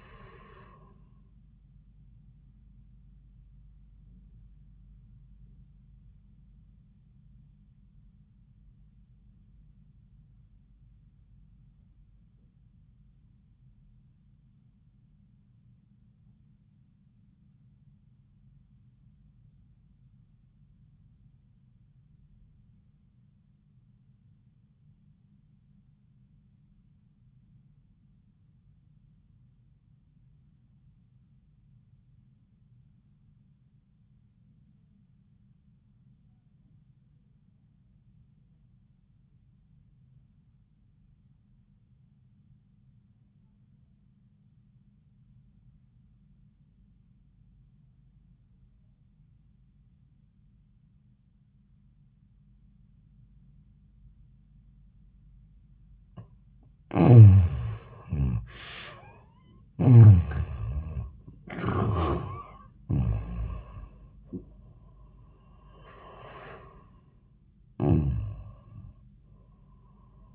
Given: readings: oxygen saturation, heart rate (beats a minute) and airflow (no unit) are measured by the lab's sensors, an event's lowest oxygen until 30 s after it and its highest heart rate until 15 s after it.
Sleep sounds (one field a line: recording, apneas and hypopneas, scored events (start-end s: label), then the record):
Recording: breathing in sleep by a smartphone at the bedside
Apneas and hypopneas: 1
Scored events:
6.00-56.40 s: obstructive apnea (REM, oxygen 87% highest, then 56% lowest, heart rate 82 at the start, 97 highest)
56.00-70.35 s: new sleep stage, N1 (lightest sleep)
From the record:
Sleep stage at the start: REM sleep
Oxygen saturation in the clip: 59 to 87%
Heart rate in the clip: 53 to 97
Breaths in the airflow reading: 4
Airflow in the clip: -20.3 to 17.3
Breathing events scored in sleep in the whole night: 400 in 8.7 hours asleep